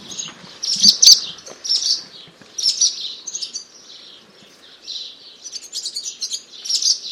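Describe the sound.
Barn swallow calls, a run of high, scratchy chirps and twitters in quick bursts, some louder notes near the start, repeating throughout with short pauses between.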